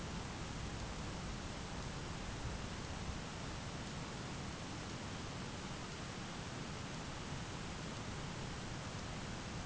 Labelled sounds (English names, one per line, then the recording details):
none
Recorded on Arctic tundra, site ZACK-1, on 12 June 2019
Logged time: 05:49